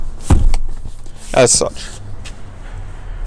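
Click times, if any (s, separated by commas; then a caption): 0.3 s, 0.5 s. The rear folding seatback of a 2019 Mazda CX-5 GS SUV is pulled back up until its latch catches on the seat frame striker, with sharp latch clicks at 0.3 s and 0.5 s as someone talks. The seatback locks upright, and the same is done for all three seat sections.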